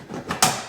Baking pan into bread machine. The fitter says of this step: we go did you hear that snap okay close it up